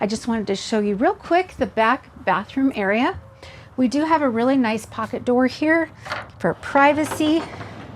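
Someone talks throughout while the bathroom pocket door of a Winnebago Navion 24D Class C RV is handled in its frame, a door that locks into place in either position so it won't come out while driving. No latch sound is heard: the door has not yet latched or clicked into place when the clip ends.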